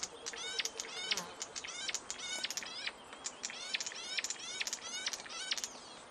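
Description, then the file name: Warbler uttering a rapid, steady series of bright, downward-sweeping notes packed closely together for several seconds, with soft background noise. "audio hero Bird Warbler"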